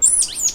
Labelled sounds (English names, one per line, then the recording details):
Stitchbird song
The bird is a male
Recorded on Tiritiri Matangi Island, New Zealand, in 2005
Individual 1, of nest box 1